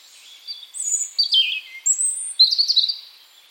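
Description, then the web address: European robin singing a short, tinkling phrase of high whistles: a dropping slur, a thin rising note, then a rapid jangling run. "cianscape birddata Deverinetal 2025 File origin Bird Only Er Ru"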